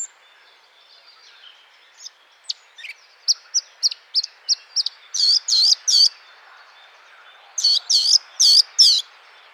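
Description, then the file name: Eurasian blackcap calls: a run of short, thin notes, speeding up, then two clusters of louder, harsher notes about three per second with brief pauses between them. "Sylvia atricapilla"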